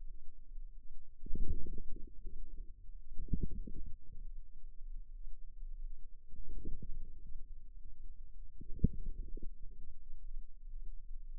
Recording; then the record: forearm muscle sounds (acoustic myography)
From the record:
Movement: inward rotation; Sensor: system 2, bracelet of six BSWA MPA416 microphones around the upper forearm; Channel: 2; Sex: female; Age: 23 years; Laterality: right